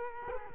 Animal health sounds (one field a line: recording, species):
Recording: mosquito wingbeat signal from an infrared sensor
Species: Culex quinquefasciatus